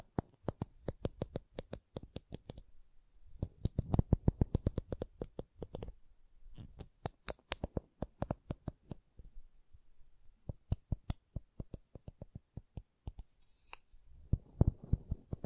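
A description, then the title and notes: Wooden tapping and clicking in quick bursts, dense runs of sharp knocks around four and fifteen seconds, sparser single taps between. ASMR Calming Wood Triggers for Sleep (No Talking).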